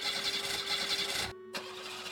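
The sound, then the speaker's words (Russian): A car engine that keeps stalling as its petrol runs out runs with a steady droning hum, cuts out abruptly into a brief moment of silence, then sputters back to life and keeps running. “Мотор постоянно глох.”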